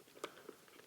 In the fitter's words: same way that I removed it and you heard it click there and I can now reconnect the cable